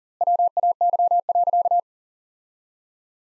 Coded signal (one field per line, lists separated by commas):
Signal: Morse code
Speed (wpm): 37 wpm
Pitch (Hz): 700 Hz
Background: none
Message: WAY.